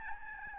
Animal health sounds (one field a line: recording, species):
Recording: mosquito wingbeat signal from an infrared sensor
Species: Aedes albopictus